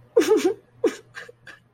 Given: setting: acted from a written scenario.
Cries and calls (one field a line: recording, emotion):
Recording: vocal sound without words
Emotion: sadness